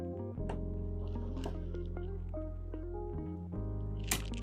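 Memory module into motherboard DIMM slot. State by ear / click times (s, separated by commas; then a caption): seated / 4.1 s. A memory module is pressed down with some force into a motherboard DIMM slot while music plays, with small soft taps and squishy contact noises along the way. A sharp click at 4.1 s marks the retention clip snapping shut, and the module is confirmed seated on both sides.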